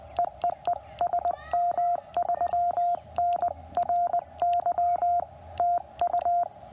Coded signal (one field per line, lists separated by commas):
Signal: Morse code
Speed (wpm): 19 wpm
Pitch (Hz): 690 Hz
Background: radio noise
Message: EEE SM3NRY TU